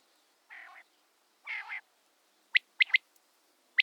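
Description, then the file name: Common quail song: two soft, low growling notes followed by a sharp, liquid three-note 'whip' phrase, with a single further note at the end. "wachtel"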